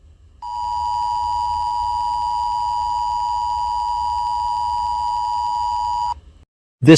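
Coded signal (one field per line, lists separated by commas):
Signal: Emergency Alert System (SAME) tones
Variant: 853 and 960 Hz attention tone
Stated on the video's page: Fictional EAS scenario tones.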